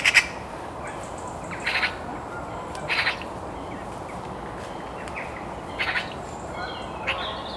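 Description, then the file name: Eurasian magpie giving short harsh rasping calls at irregular intervals. "Pica pica"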